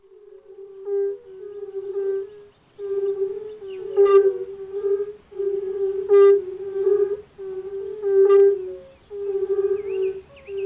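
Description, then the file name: European fire-bellied toad calls, soft low hooting notes running together in pulsing bouts, with sharper bright bursts about every two seconds. "Rotbauchunke"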